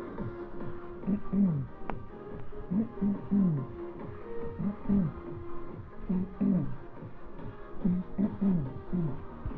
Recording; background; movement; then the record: throat clearing; music; walking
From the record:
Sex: male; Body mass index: 20.5 kg/m2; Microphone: on the chest, facing the body